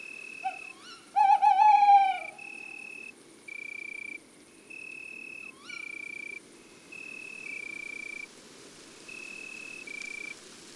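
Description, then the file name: Tawny owl: a short note, then a long quivering hoot, and later a rising note. Regular bursts of high, even droning tones run throughout. Male; woods and forests. "Chouette hulotte male Chants doiseaux des bois et des forets"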